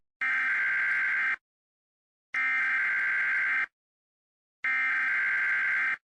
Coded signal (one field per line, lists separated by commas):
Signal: Emergency Alert System (SAME) tones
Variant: header bursts